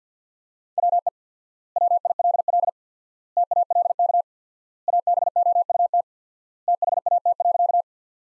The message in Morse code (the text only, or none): WE WILL TALK ABOUT THAT.